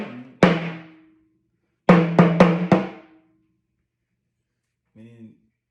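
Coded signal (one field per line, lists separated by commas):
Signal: talking drum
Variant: Yoruba sakara drum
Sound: a deep drum stroke, a pause, four quick low pitched strokes, then a soft muted note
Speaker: that doesn't amount as not as thought doesn't amount to the height of your knee and is threatening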